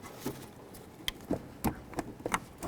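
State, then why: Seated. A white-sided plastic wiring connector is pushed into the blower motor harness of a 1994–2004 Chevy S-10. A sharp click is heard at 1.0 s and the connector seats. Softer knocks and handling clicks follow as it is tug-tested and confirmed secure.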